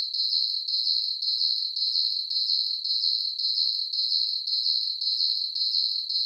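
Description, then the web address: Cricket chirps, shrill and buzzy, in steady rhythmic pulses near two per second, constant and unvaried from start to finish. Night ambience of chirping crickets. "Blast Wave 5.1 SSFX Crickets. ambience crickets chirps night insects bugs surround sound"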